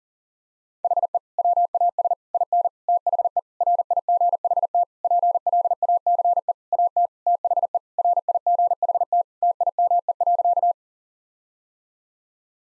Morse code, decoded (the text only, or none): HE WAS IN THE RIGHT PLACE AT THE RIGHT TIME.